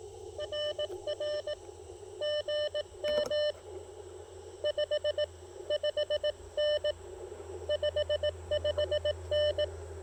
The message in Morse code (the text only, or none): RR GM 55N 55N